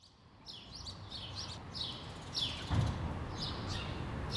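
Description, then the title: Sparrow chirps, sharp and repeated, beginning softly and growing louder, with a low traffic rumble underneath. Several sparrows on a street in Brussels, Belgium, recorded for World Sparrow Day with Lom mikroUši microphones into a Deity PR-2 recorder. "Rue de l'épargne, Bruxelles, Bruxelles-Capitale, Belgique - World Sparrow Day"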